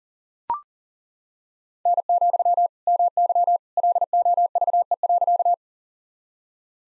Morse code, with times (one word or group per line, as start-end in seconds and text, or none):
1.9-2.7 N,
2.9-3.6 MY
3.8-5.5 LOVE.